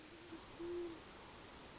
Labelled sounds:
Great Horned Owl (Bubo virginianus)
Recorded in Sonoma County, California

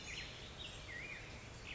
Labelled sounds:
Black-headed Grosbeak (Pheucticus melanocephalus)
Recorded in Sonoma County, California

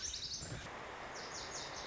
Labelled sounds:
Lazuli Bunting (Passerina amoena)
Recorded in Sonoma County, California

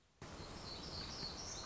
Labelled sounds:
Black-throated Gray Warbler (Setophaga nigrescens)
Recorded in Sonoma County, California

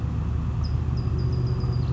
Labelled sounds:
Bewick's Wren (Thryomanes bewickii)
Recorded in Sonoma County, California

